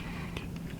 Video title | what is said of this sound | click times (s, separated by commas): YouTube 2022 Review Thank You | Nice click to lock there. | 0.4 s